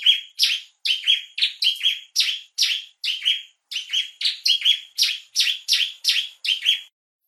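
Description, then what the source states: Bar-winged prinia giving a long series of loud, sharp chirps in steady succession. Lure call, used to attract birds.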